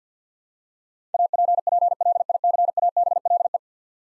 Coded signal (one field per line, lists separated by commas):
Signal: Morse code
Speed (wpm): 50 wpm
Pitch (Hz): 700 Hz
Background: none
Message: APPLICABLE